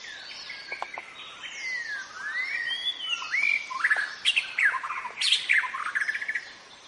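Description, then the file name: White-rumped shama song: rich whistled phrases that slide up and down, ending in loud, rapid, varied notes. A chorus of high chirping birds runs behind it. Forest. "suara muraibatu hutan omkicau"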